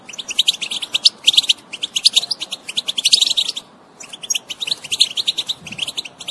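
European goldfinch song, a rapid tinkling twitter of high, bright notes in dense bursts, broken by a few short pauses.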